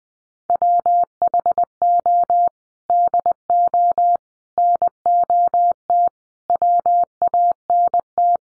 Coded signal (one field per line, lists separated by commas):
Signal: Morse code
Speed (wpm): 20 wpm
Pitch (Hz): 700 Hz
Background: none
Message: WHO DO NOT WANT